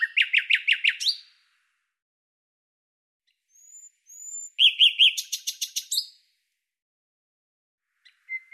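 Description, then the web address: Common nightingale song with a burst of quick, evenly repeated notes, a short pause with faint high whistles, then another rapid rattling phrase. "Deverinetal 2025"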